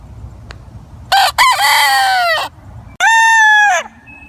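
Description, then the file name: Chicken crowing: a rooster's loud, harsh cock-a-doodle-doo in three bursts, the last a sustained, slightly falling note. "Gallo (Gallus gallus domesticus)"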